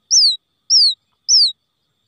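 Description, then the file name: Quail chick distress peeps: three clear, high whistles, each sliding sharply downward, evenly spaced, with nothing else audible. Quail chick calling for its mother after becoming lost from the flock. "tieng cut non keu goi me lac dan chuan"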